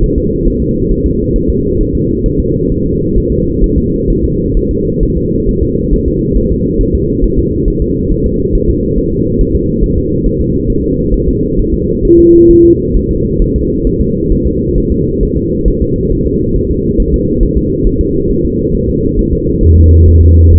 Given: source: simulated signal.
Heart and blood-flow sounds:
fetal heart sounds
0.04 s: S1
0.18 s: S2
0.48 s: S1
0.62 s: S2
0.92 s: S1
1.06 s: S2
1.36 s: S1
1.50 s: S2
1.81 s: S1
1.95 s: S2
2.26 s: S1
2.40 s: S2
2.72 s: S1
2.86 s: S2
3.17 s: S1
3.32 s: S2
3.64 s: S1
3.78 s: S2
4.10 s: S1
4.24 s: S2
4.57 s: S1
4.71 s: S2
5.03 s: S1
5.17 s: S2
5.49 s: S1
5.63 s: S2
5.93 s: S1
6.08 s: S2
6.38 s: S1
6.52 s: S2
6.81 s: S1
6.95 s: S2
7.24 s: S1
7.38 s: S2
7.68 s: S1
7.82 s: S2
8.12 s: S1
8.26 s: S2
8.55 s: S1
8.70 s: S2
8.99 s: S1
9.13 s: S2
9.41 s: S1
9.55 s: S2
9.84 s: S1
9.98 s: S2
10.27 s: S1
10.41 s: S2
10.70 s: S1
10.84 s: S2
11.14 s: S1
11.28 s: S2
11.59 s: S1
11.74 s: S2
12.05 s: S1
12.19 s: S2
12.51 s: S1
12.65 s: S2
12.96 s: S1
13.11 s: S2
13.42 s: S1
13.56 s: S2
13.87 s: S1
14.01 s: S2
14.32 s: S1
14.47 s: S2
14.78 s: S1
14.92 s: S2
15.23 s: S1
15.37 s: S2
15.68 s: S1
15.82 s: S2
16.12 s: S1
16.27 s: S2
16.56 s: S1
16.71 s: S2
17.00 s: S1
17.14 s: S2
17.43 s: S1
17.57 s: S2
17.87 s: S1
18.01 s: S2
18.31 s: S1
18.45 s: S2
18.75 s: S1
18.89 s: S2
19.19 s: S1
19.33 s: S2
19.64 s: S1
19.78 s: S2
20.08 s: S1
20.22 s: S2
20.53 s: S1
From the record:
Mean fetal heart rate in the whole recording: 135 bpm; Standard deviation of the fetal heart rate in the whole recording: 3 bpm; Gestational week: 36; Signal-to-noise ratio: -10.2 dB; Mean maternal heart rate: 72 bpm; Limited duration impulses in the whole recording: present

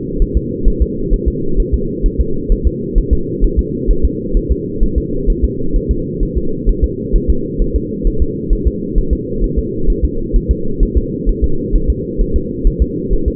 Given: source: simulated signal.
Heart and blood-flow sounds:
fetal heart sounds
0.22 s: S1
0.37 s: S2
0.68 s: S1
0.82 s: S2
1.14 s: S1
1.28 s: S2
1.60 s: S1
1.74 s: S2
2.06 s: S1
2.20 s: S2
2.52 s: S1
2.67 s: S2
2.98 s: S1
3.13 s: S2
3.44 s: S1
3.59 s: S2
3.91 s: S1
4.05 s: S2
4.37 s: S1
4.52 s: S2
4.83 s: S1
4.98 s: S2
5.30 s: S1
5.45 s: S2
5.76 s: S1
5.91 s: S2
6.23 s: S1
6.37 s: S2
6.69 s: S1
6.84 s: S2
7.16 s: S1
7.30 s: S2
7.62 s: S1
7.76 s: S2
8.07 s: S1
8.22 s: S2
8.53 s: S1
8.67 s: S2
8.98 s: S1
9.13 s: S2
9.44 s: S1
9.59 s: S2
9.90 s: S1
10.05 s: S2
10.36 s: S1
10.51 s: S2
10.83 s: S1
10.98 s: S2
11.29 s: S1
11.44 s: S2
11.76 s: S1
11.90 s: S2
12.21 s: S1
12.36 s: S2
12.67 s: S1
12.82 s: S2
13.13 s: S1
13.28 s: S2
From the record:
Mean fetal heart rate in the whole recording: 130 bpm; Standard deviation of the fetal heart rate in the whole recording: 2 bpm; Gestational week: 38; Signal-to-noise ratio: -8.1 dB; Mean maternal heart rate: 72 bpm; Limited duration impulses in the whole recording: absent

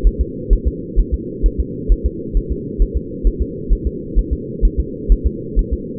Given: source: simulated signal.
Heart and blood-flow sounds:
fetal heart sounds
0.07 s: S1
0.21 s: S2
0.53 s: S1
0.67 s: S2
0.99 s: S1
1.14 s: S2
1.46 s: S1
1.60 s: S2
1.92 s: S1
2.06 s: S2
2.37 s: S1
2.52 s: S2
2.82 s: S1
2.97 s: S2
3.27 s: S1
3.42 s: S2
3.73 s: S1
3.87 s: S2
4.18 s: S1
4.33 s: S2
4.65 s: S1
4.80 s: S2
5.12 s: S1
5.26 s: S2
5.59 s: S1
5.73 s: S2
From the record:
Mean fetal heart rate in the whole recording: 130 bpm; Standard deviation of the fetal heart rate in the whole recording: 2 bpm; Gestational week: 36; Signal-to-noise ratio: -4.1 dB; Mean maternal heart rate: no maternal heart sound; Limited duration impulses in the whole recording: absent

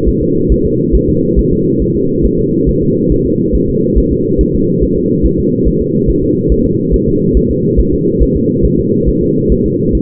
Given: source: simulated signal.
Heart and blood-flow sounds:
fetal heart sounds
0.09 s: S1
0.23 s: S2
0.52 s: S1
0.66 s: S2
0.95 s: S1
1.09 s: S2
1.39 s: S1
1.53 s: S2
1.82 s: S1
1.96 s: S2
2.25 s: S1
2.40 s: S2
2.69 s: S1
2.83 s: S2
3.12 s: S1
3.26 s: S2
3.55 s: S1
3.70 s: S2
3.98 s: S1
4.12 s: S2
4.41 s: S1
4.55 s: S2
4.83 s: S1
4.98 s: S2
5.26 s: S1
5.40 s: S2
5.67 s: S1
5.82 s: S2
6.10 s: S1
6.24 s: S2
6.52 s: S1
6.66 s: S2
6.94 s: S1
7.08 s: S2
7.37 s: S1
7.51 s: S2
7.80 s: S1
7.94 s: S2
8.22 s: S1
8.37 s: S2
8.65 s: S1
8.80 s: S2
9.09 s: S1
9.23 s: S2
9.52 s: S1
9.66 s: S2
9.95 s: S1
From the record:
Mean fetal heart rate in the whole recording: 140 bpm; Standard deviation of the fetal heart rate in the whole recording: 2 bpm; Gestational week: 34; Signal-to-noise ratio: -11.2 dB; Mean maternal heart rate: 72 bpm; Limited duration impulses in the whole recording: present

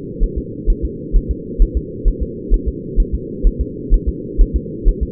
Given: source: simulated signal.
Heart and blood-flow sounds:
fetal heart sounds
0.23 s: S1
0.38 s: S2
0.70 s: S1
0.85 s: S2
1.17 s: S1
1.31 s: S2
1.62 s: S1
1.77 s: S2
2.08 s: S1
2.23 s: S2
2.54 s: S1
2.68 s: S2
3.00 s: S1
3.15 s: S2
3.47 s: S1
3.61 s: S2
3.94 s: S1
4.09 s: S2
4.42 s: S1
4.56 s: S2
4.89 s: S1
5.03 s: S2
From the record:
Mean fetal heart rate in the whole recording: 130 bpm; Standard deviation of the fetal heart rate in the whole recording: 2 bpm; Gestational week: 38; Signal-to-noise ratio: -4.1 dB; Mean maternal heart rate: no maternal heart sound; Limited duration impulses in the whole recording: absent

